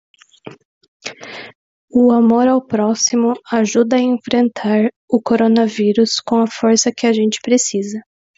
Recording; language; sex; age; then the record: spoken sentence; Brazilian Portuguese; female; 20 to 29 years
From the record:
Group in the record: control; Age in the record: 27 years